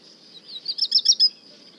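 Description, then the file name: Black redstart song fragment, a quick run of bright, high clipped notes rising in loudness, with a faint steady high hum behind. At le Puech. "chant de rougequeue noir merle noir le Puech"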